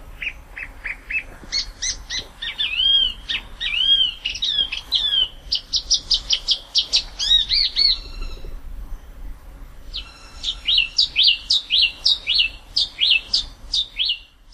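Spot-throated babbler song: a lively stream of short whistled and chirping notes, some sliding up or down, delivered in quick bursts with brief pauses.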